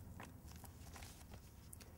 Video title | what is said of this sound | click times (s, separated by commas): Orbita Mouse Quick Start Video pt.2 | this part turn the retainer ring until it clicks into place finally | 1.7 s